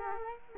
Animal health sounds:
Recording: mosquito wingbeat signal from an infrared sensor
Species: Culex quinquefasciatus

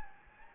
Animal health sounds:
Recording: mosquito wingbeat signal from an infrared sensor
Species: Anopheles gambiae

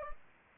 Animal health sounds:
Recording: mosquito wingbeat signal from an infrared sensor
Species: Anopheles gambiae

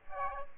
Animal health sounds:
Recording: mosquito wingbeat signal from an infrared sensor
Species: Aedes aegypti

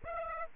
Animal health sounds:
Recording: mosquito wingbeat signal from an infrared sensor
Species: Aedes aegypti

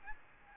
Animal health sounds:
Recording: mosquito wingbeat signal from an infrared sensor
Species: Aedes albopictus

